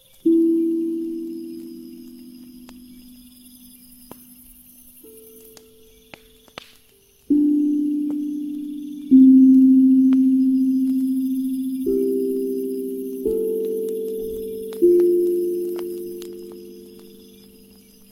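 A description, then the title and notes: An ethereal drum rings out in slow, low, sustained tones, each strike blooming and fading over several seconds, with new notes landing around 7, 9, 12 and 15 seconds. A faint high insect buzz and scattered soft crackles run underneath throughout. 528Hz ethereal drum, bonfire, firewood sound, insects.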